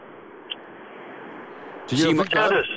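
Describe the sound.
Steady, muffled road and wind rumble from a car comes through a narrow-sounding phone line, with a brief click early on, before a man's voice starts talking over the noise.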